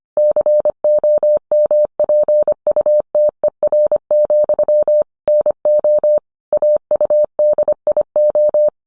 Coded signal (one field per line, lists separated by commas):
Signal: Morse code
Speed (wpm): 25 wpm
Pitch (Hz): 600 Hz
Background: none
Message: COMPUTER, NO AUDIO